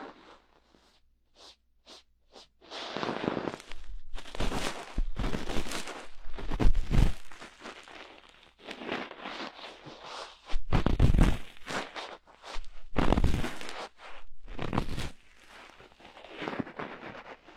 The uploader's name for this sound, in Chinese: 棉棒掏耳朵